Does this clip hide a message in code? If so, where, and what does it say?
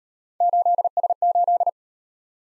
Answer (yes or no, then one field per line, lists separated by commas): yes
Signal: Morse code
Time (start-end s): 0.4-1.7 s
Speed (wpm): 35 wpm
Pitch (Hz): 700 Hz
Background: none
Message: 8S8